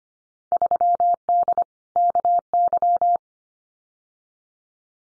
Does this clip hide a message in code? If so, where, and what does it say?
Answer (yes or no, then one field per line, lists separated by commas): yes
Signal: Morse code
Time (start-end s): 0.5-3.2 s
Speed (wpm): 25 wpm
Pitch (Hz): 700 Hz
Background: none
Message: 3D KY